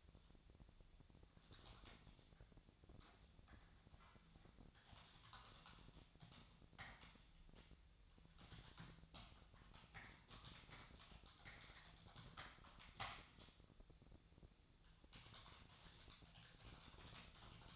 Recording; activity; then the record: daily activity, microphone in the room; typing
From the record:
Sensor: 3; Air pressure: 999.2 hPa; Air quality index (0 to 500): 206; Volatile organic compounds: 55 ppm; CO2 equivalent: 3362 ppm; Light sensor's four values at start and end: 8/20/7/8 and 8/20/7/8